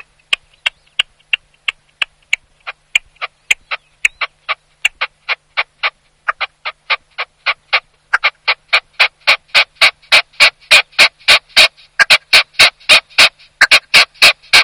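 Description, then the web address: Red-legged partridge giving a long series of sharp notes that speeds up and grows louder and fuller. Song, played back from a tape recorder for a spring density survey. "Estimation DensitéPrintemps. chant PERDRIX Reseau Perdrix Rouge"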